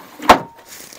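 The built-in step in the tailgate of a 2019 Ford F-150 Lariat Crew Cab 4x4 is pulled out of its stowed position after a struggle. It comes free with a loud clunk at 0.3 s and drops down, followed by a fainter knock near 1.0 s.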